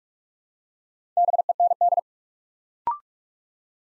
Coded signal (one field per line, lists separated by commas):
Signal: Morse code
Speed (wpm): 44 wpm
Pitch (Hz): 700 Hz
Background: none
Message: BEND